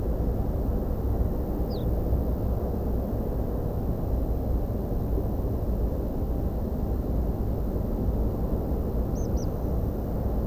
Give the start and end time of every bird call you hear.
1.69s-1.85s: Ortolan Bunting
9.14s-9.46s: Tree Pipit

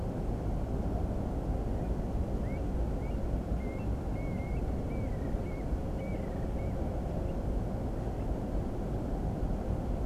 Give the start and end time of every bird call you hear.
2.43s-6.74s: Eurasian Stone-curlew

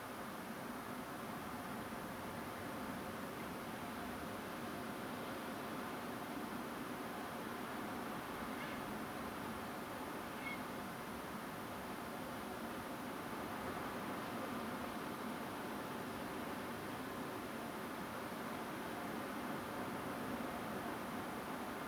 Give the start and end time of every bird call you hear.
8.59s-8.79s: Grey Heron
10.39s-10.56s: Grey Heron

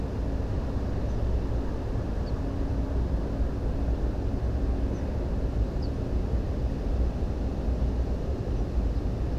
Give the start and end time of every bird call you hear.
1.07s-1.18s: Ortolan Bunting
2.24s-2.31s: Ortolan Bunting
4.92s-5.02s: Ortolan Bunting
5.80s-5.87s: Ortolan Bunting
8.55s-8.64s: Ortolan Bunting
8.93s-9.02s: Ortolan Bunting

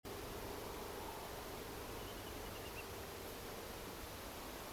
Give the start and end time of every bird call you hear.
1.96s-2.83s: Eurasian Whimbrel

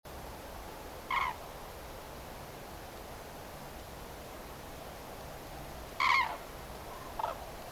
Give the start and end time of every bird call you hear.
1.08s-1.33s: Common Crane
5.98s-6.27s: Common Crane
7.18s-7.33s: Common Crane

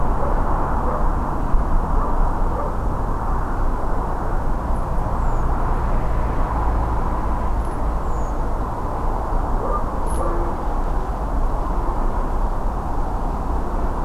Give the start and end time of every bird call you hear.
5.17s-5.45s: Redwing
8.02s-8.32s: Redwing

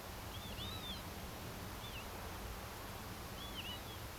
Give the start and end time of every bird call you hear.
0.32s-1.01s: Northern Lapwing
1.80s-2.05s: Northern Lapwing
3.37s-3.97s: Northern Lapwing

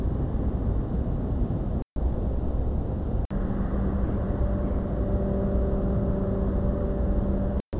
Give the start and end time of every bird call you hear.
2.56s-2.66s: unidentified bird
5.37s-5.50s: European Pied Flycatcher

